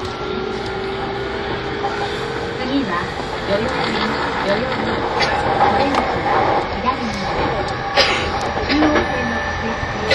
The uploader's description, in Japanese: E231系山手線外回りを収録したものです